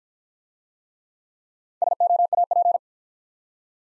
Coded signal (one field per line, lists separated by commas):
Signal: Morse code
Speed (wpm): 49 wpm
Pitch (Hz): 700 Hz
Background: none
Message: SOAP